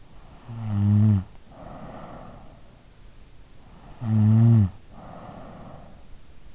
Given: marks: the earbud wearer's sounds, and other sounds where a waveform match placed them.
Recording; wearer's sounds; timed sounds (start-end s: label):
sounds in sleep by an in-ear microphone; snoring breath
0.48-2.91 s: snoring breath
3.85-6.08 s: snoring breath